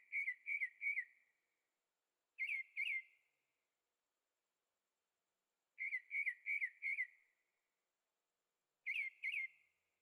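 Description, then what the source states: Bird song: short bursts of two to four whistled, slightly wavering notes near the same pitch, separated by pauses of one to three seconds, no other sounds. Birds singing at night in Carefree, Arizona; recorded with a Zoom H6 and stereo microphones.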